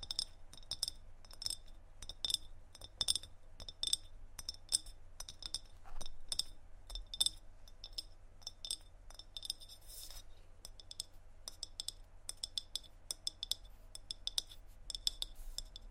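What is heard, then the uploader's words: Quick, irregular tapping on hard objects gives bright glassy clinks several times a second, over a low steady hum, with a brief rustle near ten seconds. ASMR Tapping On Random Objects.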